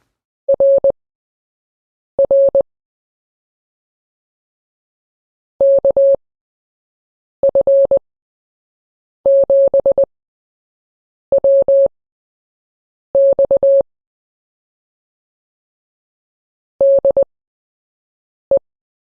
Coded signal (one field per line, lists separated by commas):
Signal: Morse code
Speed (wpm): 20 wpm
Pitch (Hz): 550 Hz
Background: none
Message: RR KF7WX DE